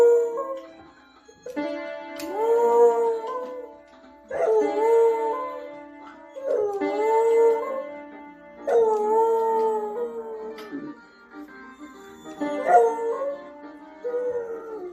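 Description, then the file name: Dog giving several mournful howls, each bending up then sliding down, over sustained piano notes. Dog heard together with a piano. "Hund und Klavier"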